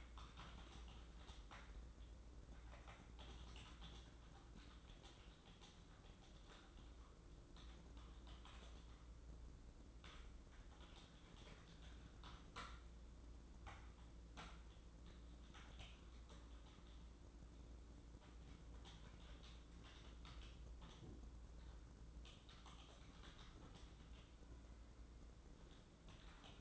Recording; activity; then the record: daily activity, microphone in the room; typing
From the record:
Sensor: 3